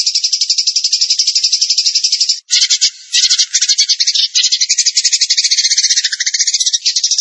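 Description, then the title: Tembakan bird delivering a dense, buzzy, rattling trill with rapid repeated notes, briefly broken and resumed, mixed with lower chattering notes. Masteran recording for training captive songbirds; the bird is described as gacor, singing energetically. "Masteran Burung Tembakan Gacor"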